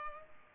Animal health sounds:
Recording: mosquito wingbeat signal from an infrared sensor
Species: Culex pipiens

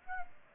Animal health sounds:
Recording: mosquito wingbeat signal from an infrared sensor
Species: Aedes aegypti

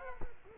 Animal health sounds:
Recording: mosquito wingbeat signal from an infrared sensor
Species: Culex quinquefasciatus

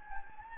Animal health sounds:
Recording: mosquito wingbeat signal from an infrared sensor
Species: Anopheles gambiae

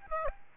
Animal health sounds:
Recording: mosquito wingbeat signal from an infrared sensor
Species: Aedes aegypti

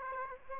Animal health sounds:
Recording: mosquito wingbeat signal from an infrared sensor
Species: Aedes aegypti

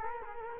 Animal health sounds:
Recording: mosquito wingbeat signal from an infrared sensor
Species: Culex quinquefasciatus

